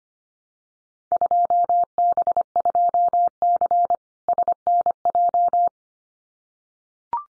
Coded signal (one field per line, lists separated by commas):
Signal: Morse code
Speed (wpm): 25 wpm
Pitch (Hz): 700 Hz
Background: none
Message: 2B2C SNJ